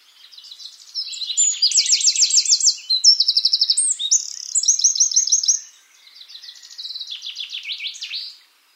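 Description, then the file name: Eurasian wren song: a rapid, high, shrill outpouring of trills and sharp notes lasting several seconds, followed by a softer, thinner burst of twittering. "Troglodytes troglodytes"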